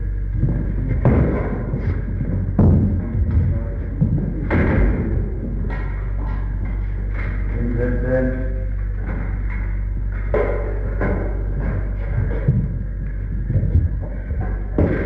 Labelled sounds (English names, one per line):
Chimpanzee